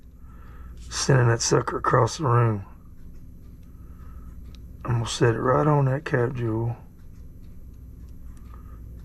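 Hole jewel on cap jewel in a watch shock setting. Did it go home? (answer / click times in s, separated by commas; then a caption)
no / none. A hole jewel is handled over the cap jewel in a Rolex watch shock setting while someone talks, with a few faint ticks in the quiet gaps. The clip ends before the part goes home, and nothing has seated or snapped in yet.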